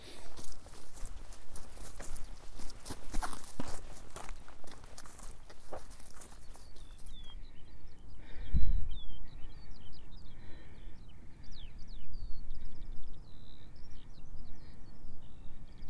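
A walk along the South West Coast Path, with steady wind rushing across the first seven seconds and crunching, irregular footsteps. The wind then drops away, leaving a low rumble, a single thump near eight and a half seconds, and birds chirping repeatedly through the rest.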